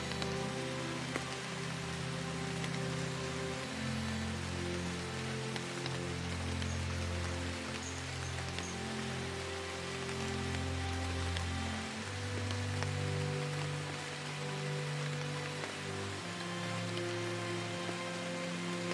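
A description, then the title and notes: Rain falls steadily on foliage, a dense, even patter spread across the whole clip. Beneath it, slow, low music holds long notes that change every second or two. Both stay constant in level throughout, with no pauses. SLEEP with MUSIC and RAINDROP on Foliage. The sound of raindrop on the foliage.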